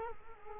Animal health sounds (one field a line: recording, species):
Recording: mosquito wingbeat signal from an infrared sensor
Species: Culex quinquefasciatus